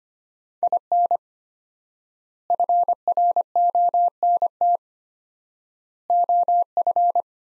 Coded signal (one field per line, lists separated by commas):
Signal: Morse code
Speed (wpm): 25 wpm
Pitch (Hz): 700 Hz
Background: none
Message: IN FRONT OF